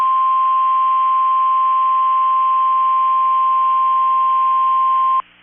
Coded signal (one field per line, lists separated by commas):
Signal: Emergency Alert System (SAME) tones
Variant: 1050 Hz attention tone